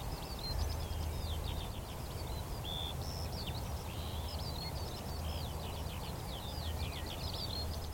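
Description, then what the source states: Eurasian skylark song: continuous high warbling of clipped chirps and trills over a deep droning rumble. Chorus of skylarks rising from young barley, singing exultantly while climbing ever higher into cloudy sky; vast open field, northern edge of the Cotswolds, South Warwickshire.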